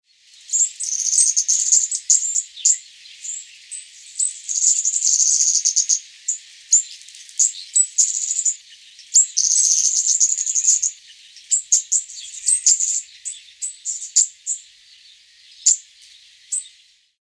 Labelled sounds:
Yellow-crowned Bishop
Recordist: Tembrock, Günter
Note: Helle Laute und Lautfolgen

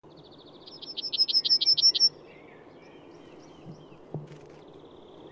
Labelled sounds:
Yellowhammer song
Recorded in the wild
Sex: male
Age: adult
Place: Schönow, Naturpark Barnim, Brandenburg, DE
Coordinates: 52.6861, 13.5214
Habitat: bush
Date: 2005-03-31
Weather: clear, -2°C, weak wind
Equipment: Tascam DA-P1, Telinga Pro 5
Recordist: Frommolt, Karl-Heinz
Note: Naturschuztgebietes Schönower Heide, Rundweg: Gesang - 1 Strophe. Entfernung 5 m. Tier ist danach gleich abgeflogen

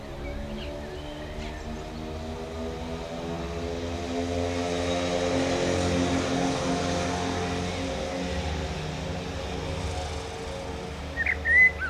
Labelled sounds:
Common Blackbird song
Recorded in the wild
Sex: male
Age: adult
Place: Bielefeld-Mitte, Nordrhein-Westfalen, DE
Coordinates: 52.0083, 8.54833
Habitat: residential district
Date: 1971-06-26
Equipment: Uher 4000 Report-S, Bändchenmikro Beyer M 260, Parabolspiegel Polyester (470 mm)
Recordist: Conrads, Klaus

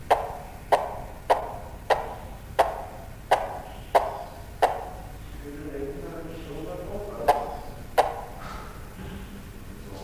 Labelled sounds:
Von Der Decken's Hornbill call
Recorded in captivity
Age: adult
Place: Zoo Berlin, Berlin, DE
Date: 1999-12-21 14:15
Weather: bedeckt, 0°C
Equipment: Nagra SN, Kopie Uher 4000 Report Monitor
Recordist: Tembrock, Günter
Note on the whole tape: Kurzlautfolgen, durch Mikrofon ausgelöst; Entfernung ca. 1 m

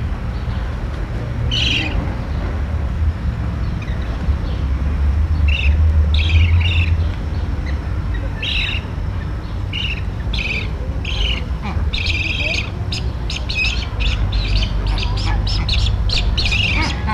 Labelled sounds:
Straw-necked Ibis call
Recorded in captivity
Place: Zoo Basel, CH
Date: 1968-07-19
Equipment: Halbspur, 9,5 cm/s
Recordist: Lütgens, Hans

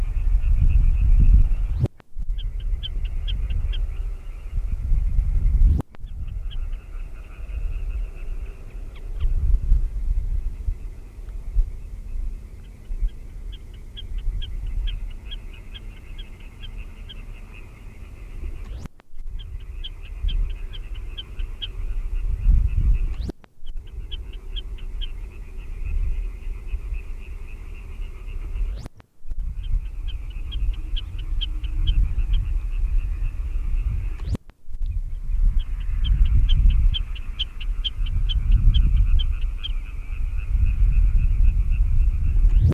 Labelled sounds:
Common Snipe song
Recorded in the wild
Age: adult
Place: Klockenhagen/Ribnitz-Damgarten, Mecklenburg-Vorpommern, DE
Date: 1970-06-05 21:40
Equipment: Uher 4200 Report Stereo, DM 622, Reflektor, Tesla-Verstärker
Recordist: Tembrock, Günter

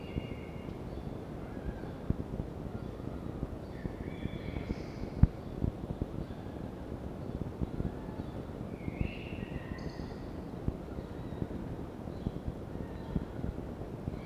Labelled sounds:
Red Fox
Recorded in captivity
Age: juvenile
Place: Zoologisches Institut der HUB, Berlin, DE
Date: 1952-05-15 19:25
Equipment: Elmetra
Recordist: Tembrock, Günter

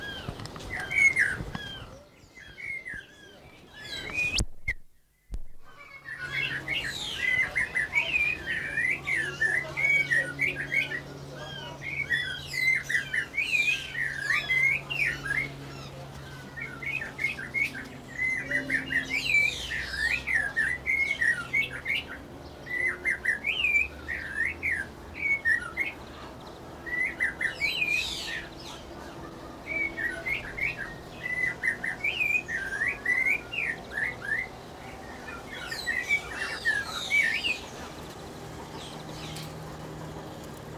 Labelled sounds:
Guira Cuckoo
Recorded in captivity
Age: adult
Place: Zoo Berlin, Berlin, DE
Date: 1992-05-09 11:33
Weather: wolkig, 11-14°C
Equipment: Nagra SN, Mikrofon AKG CK 8, Kopie Tesla B 116
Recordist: Tembrock, Günter

